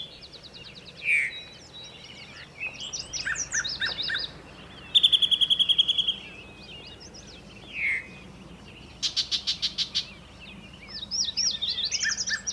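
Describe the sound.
Birdsong, a varied series of high chirps, trills and whistled phrases, including a steady buzzy note and a rapid stuttering burst, with faint background hum.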